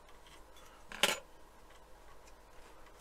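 A small pipe section on a Titanic reciprocating engine model is pressed into a hole on another pipe. A faint contact at 0.9 s is followed by a sharp, bright click at 1.0 s, with quiet background before and after. The pipe section seats in place.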